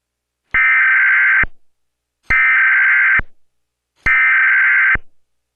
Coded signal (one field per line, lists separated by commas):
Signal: Emergency Alert System (SAME) tones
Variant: header bursts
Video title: Nationwide Emergency Alert System test (11/09/2011)